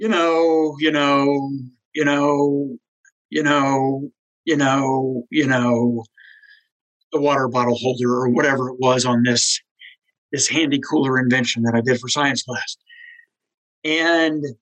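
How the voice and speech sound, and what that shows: An adult man repeats "you know" six times in rapid succession, with short pauses, before speech moves on. This is stuttering, with the filler phrase used to break blocked words free during a ninth-grade science presentation. He had already been through extensive speech therapy.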